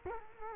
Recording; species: mosquito wingbeat signal from an infrared sensor; Culex quinquefasciatus